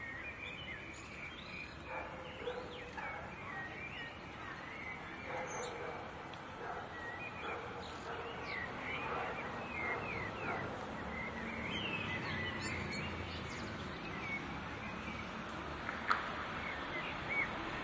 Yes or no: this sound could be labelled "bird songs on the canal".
yes